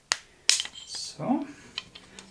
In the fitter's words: "click" you just heard was from the Fire-Selector, which "snapped" into the right place.